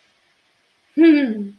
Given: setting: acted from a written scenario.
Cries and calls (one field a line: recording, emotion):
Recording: vocal sound without words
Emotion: pride